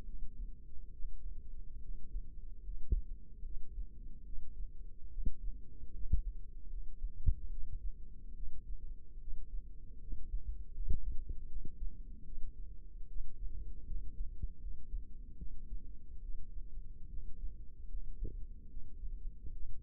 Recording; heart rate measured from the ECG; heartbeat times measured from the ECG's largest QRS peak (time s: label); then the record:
heart sounds by microphone in the left ear; 74 bpm
0.04 s: heartbeat
0.91 s: heartbeat
1.80 s: heartbeat
2.62 s: heartbeat
3.43 s: heartbeat
4.24 s: heartbeat
5.09 s: heartbeat
5.92 s: heartbeat
6.68 s: heartbeat
7.49 s: heartbeat
8.34 s: heartbeat
9.19 s: heartbeat
9.99 s: heartbeat
10.73 s: heartbeat
11.47 s: heartbeat
12.24 s: heartbeat
13.07 s: heartbeat
13.85 s: heartbeat
14.58 s: heartbeat
15.36 s: heartbeat
16.21 s: heartbeat
17.08 s: heartbeat
17.88 s: heartbeat
18.68 s: heartbeat
19.51 s: heartbeat
From the record:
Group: healthy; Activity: rest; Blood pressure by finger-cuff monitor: 107/54 mmHg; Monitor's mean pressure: 72 mmHg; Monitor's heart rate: 75 bpm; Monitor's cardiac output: 7.4 L/min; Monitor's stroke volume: 99 mL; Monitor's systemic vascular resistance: 690 dyn s/cm5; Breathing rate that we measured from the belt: 16 breaths a minute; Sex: female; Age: 22 years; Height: 160 cm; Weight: 63 kg